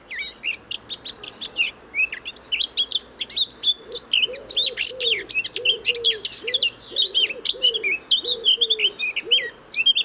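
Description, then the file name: Eurasian blackcap song: a fast, continuous scratchy warble of high chattering and fluty notes, with a soft low cooing series repeating in the background. "Sylvia atricapilla"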